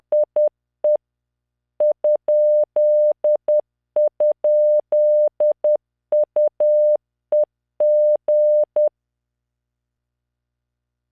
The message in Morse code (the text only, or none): IE ??UEG